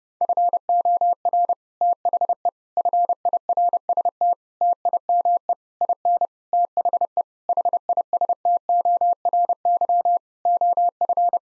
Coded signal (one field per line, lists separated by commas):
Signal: Morse code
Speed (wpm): 30 wpm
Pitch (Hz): 700 Hz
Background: none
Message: FOR THE FIRST TIME IN THE HISTORY OF